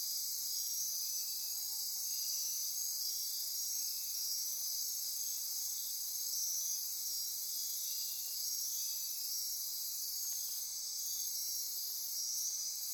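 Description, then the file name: Insects calling together, a high continuous shrill with faint repeated pulses beneath and a few soft ticks late on. Insect chorus recorded at midnight near Corcovado. "Wind-is-the-Original-Radio-Fridays 20240628 Andy-Martin Midnight-Insect-Chorus-Near-Corcovado"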